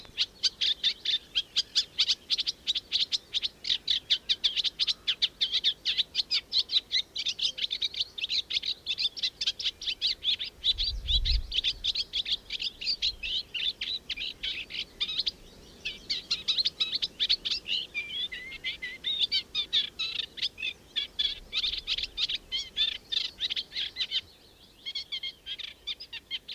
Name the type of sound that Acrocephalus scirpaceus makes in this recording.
song